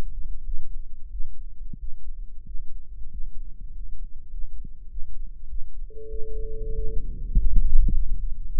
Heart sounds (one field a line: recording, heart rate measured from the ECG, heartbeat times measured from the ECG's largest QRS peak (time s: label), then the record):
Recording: heart sounds by microphone in the right ear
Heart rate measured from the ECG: 97 bpm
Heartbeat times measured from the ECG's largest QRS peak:
0.42 s: heartbeat
1.09 s: heartbeat
1.77 s: heartbeat
2.44 s: heartbeat
3.09 s: heartbeat
3.70 s: heartbeat
4.29 s: heartbeat
4.88 s: heartbeat
5.47 s: heartbeat
6.08 s: heartbeat
6.74 s: heartbeat
7.34 s: heartbeat
7.88 s: heartbeat
8.46 s: heartbeat
From the record:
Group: healthy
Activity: rest 0-5 s, breath hold 5-9 s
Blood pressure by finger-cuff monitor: 116/83 mmHg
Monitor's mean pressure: 94 mmHg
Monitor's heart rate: 95 bpm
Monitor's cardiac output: 6.7 L/min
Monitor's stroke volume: 70 mL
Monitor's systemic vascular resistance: 1030 dyn s/cm5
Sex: male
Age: 21 years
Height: 180 cm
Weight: 67.5 kg